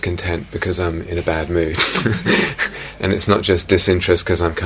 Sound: laughter

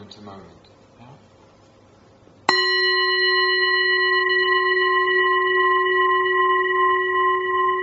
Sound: rings bell three times

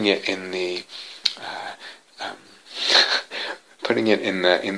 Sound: laughs

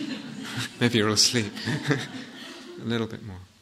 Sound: laughter

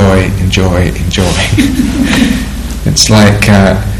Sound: laughter

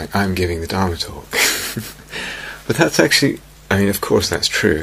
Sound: laughs

